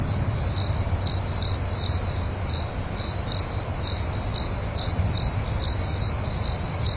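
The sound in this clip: Cricket giving bright, high-pitched chirps in a steady series, with a faint low rumble throughout.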